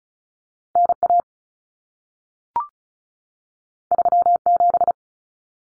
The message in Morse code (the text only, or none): NA 37